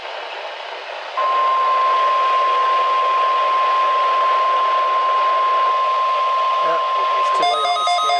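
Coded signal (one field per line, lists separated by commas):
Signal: Emergency Alert System (SAME) tones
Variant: 1050 Hz attention tone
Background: speech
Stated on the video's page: Weekly test from NWS Burlington received on NOAA Weather Radio station WXM44.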